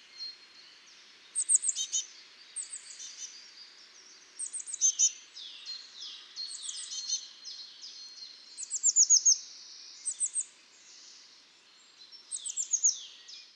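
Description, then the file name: Eurasian blue tit with high, thin note clusters and scratchy buzzy phrases repeated throughout, over a light steady background hiss. "Cyanistes caeruleus"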